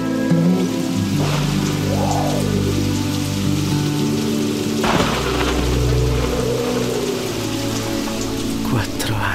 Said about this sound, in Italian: Alcune manciate di grandine crepitarono contro la finestra, seguite dalla pioggia e da un vento infido che fece sbattere la porta della stanza accanto allora e per tutta la notte.